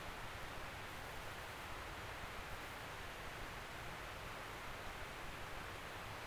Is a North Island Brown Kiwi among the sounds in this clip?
no